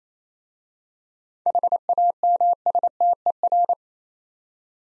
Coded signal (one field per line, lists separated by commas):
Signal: Morse code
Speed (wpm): 27 wpm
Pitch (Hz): 700 Hz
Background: none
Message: HAMSTER